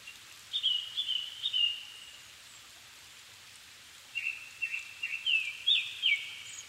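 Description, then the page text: Japanese thrush pouring out two rich whistled phrases of repeated slurred notes, separated by about two seconds of near silence. Recorded 7 May 2011 at 17:59 in the evening; Nikko, Japan; altitude 270 m; Sony PCM-D50 recorder with Panasonic WM-61A microphone. "kurotugumi 20110507-1759. Turdus cardis [Sounds -Nikko Today-]"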